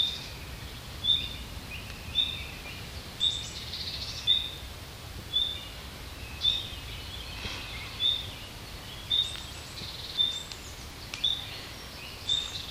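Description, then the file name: Common nightingale giving a short, high whistled note repeated about once a second, eleven times, over steady background hiss. "Luscinia megarhynchos"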